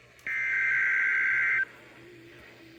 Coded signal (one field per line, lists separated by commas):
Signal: Emergency Alert System (SAME) tones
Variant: header bursts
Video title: EAS 783 - Winter Storm Warning